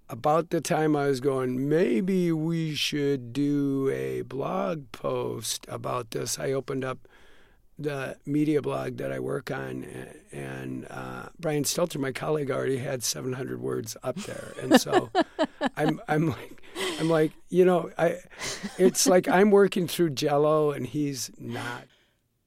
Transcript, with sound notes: about the time I was going, maybe we should do a blog post about this, I opened up the media blog that I work on, and Brian Stelter, my colleague, already had 700 words up there. And so...
(LAUGHTER)
...I'm like, you know, it's like I'm working through Jell-O and he's not.